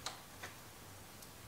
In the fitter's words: course you always want to wait for the click and then do your pull test